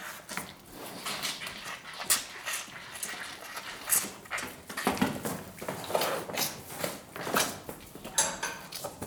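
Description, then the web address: Cattle: calves suckling: bursts of smacking, slurping noise repeat irregularly throughout, with short loud pulls standing out now and then. "The BBC Sound Effects Library. Calves Suckling"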